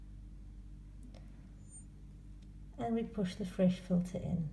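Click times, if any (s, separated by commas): none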